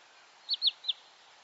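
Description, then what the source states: Wood Sandpiper call: a short burst of three quick, downslurred notes over faint background hiss. Call is a burst of the same note delivered three or four times in quick succession; lower pitched than Green Sandpiper, sombre in quality, each note downslurred.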